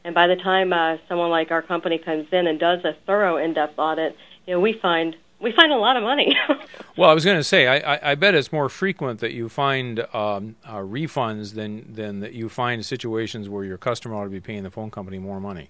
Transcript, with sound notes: By the time someone like our company comes in and does a thorough in-depth audit, we find a lot of money.*laugh* *laugh*
Well I was going to say - I bet it's more frequent that you find refunds than you find situations where your customer ought to be paying the phone company more money.